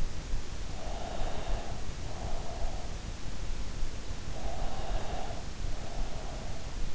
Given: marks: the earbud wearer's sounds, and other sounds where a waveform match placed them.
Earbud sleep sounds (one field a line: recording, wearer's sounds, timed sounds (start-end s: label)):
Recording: sounds in sleep by an in-ear microphone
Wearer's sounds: breath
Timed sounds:
0.80-3.09 s: breath
4.40-6.46 s: breath